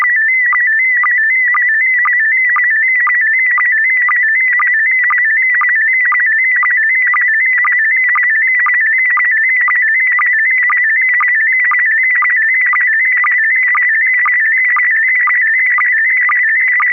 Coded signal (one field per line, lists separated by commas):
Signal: SSTV (slow-scan television)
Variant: PD 120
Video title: N6NA SSTV Net - 11/27/2024